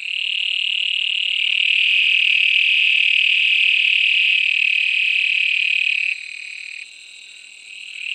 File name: Bufo granulosus